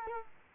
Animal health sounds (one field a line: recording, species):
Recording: mosquito wingbeat signal from an infrared sensor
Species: Culex quinquefasciatus